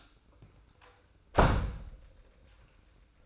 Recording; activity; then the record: daily activity, microphone in the room; close door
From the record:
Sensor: 2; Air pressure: 990.2 hPa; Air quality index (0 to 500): 180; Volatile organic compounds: 1000 ppm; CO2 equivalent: 5699 ppm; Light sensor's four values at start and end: 34/80/33/33 and 34/80/33/33